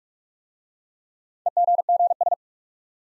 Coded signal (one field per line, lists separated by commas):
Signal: Morse code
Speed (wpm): 44 wpm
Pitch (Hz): 700 Hz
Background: none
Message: EGGS